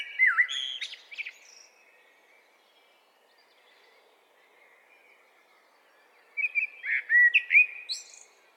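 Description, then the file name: Eurasian blackbird: a brief fluted phrase ending in a squeaky flourish, a long quiet gap, then a longer warbled phrase. "Turdus merula"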